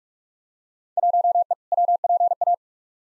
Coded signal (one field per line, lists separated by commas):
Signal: Morse code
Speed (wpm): 42 wpm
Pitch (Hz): 700 Hz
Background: none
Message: 1E WPA